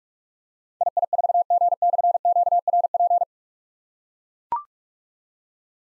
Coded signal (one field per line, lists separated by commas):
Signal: Morse code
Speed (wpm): 44 wpm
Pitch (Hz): 700 Hz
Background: none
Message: II4G/QRP